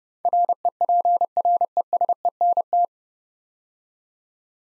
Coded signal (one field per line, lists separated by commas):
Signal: Morse code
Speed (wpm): 30 wpm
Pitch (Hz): 700 Hz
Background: none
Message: REPRESENT